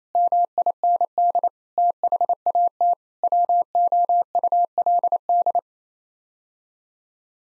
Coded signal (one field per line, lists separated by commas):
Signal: Morse code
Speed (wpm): 27 wpm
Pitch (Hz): 700 Hz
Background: none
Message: MIND THAT WOULD